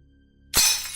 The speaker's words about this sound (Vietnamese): Tiếng bát đũa đổ vỡ rơi loảng xoảng dưới bếp.